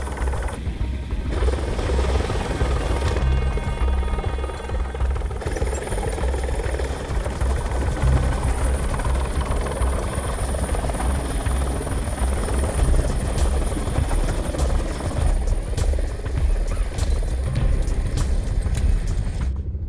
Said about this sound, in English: three choppers. One above us. They'll use laser markers to guide missiles to the targets.